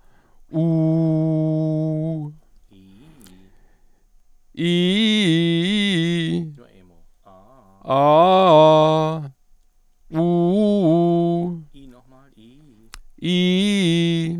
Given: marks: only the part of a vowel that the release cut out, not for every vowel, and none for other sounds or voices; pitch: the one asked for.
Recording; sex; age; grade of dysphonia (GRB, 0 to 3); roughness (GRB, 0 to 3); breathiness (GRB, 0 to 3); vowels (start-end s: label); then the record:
sustained vowels; male; 60 to 69 years; 2; 0; 0
0.62-2.15 s: vowel /u/, low pitch
7.97-9.01 s: vowel /a/, low-high-low pitch
10.27-11.44 s: vowel /u/, low-high-low pitch
13.29-14.28 s: vowel /i/, low-high-low pitch
From the record:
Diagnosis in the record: functional dysphonia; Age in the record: 60 years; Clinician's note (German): Hypoton, psychogene Komponente